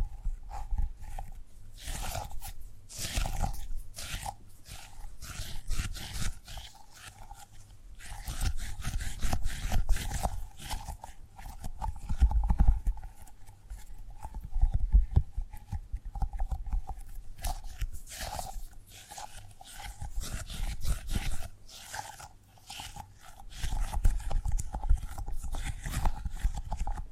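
Tapping and gripping sounds run throughout, with dense clusters of sharp taps and crunchy, rustling handling noises coming in irregular bursts. A faint steady mid-pitched tone hums underneath the whole time, and soft low thumps occasionally land among the taps.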